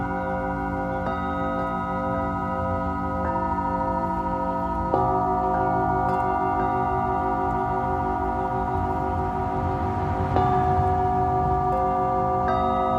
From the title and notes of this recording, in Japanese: 深夜の シンギングボウルのサウンドヒーリング。チベタンシンギングボウルのサウンドヒーリングLiveアーカイブです。